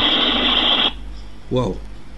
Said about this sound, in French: Il fait chaud, peut-être la soeur a mis le ventilateur.